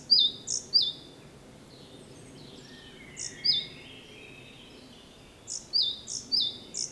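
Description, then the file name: Great tit calls in short clusters, high note with descending slur, separated by quiet gaps. "Parus major"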